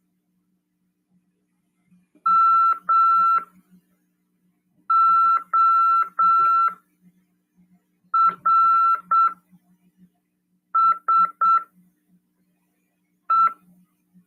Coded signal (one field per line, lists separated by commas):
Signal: Morse code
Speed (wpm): 7 wpm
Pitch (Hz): 1340 Hz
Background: none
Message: MORSE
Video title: RADIOAMADOR 1ºEd 29/12/2022 "AULA 52: CW, LEGIS e C.RODADA" PY2EXU PAULO FM 146.410 Mhz. CRASP/RAF.